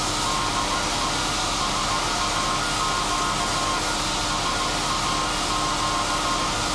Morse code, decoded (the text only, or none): DE SAQ SAQ